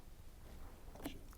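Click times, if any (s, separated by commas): 1.1 s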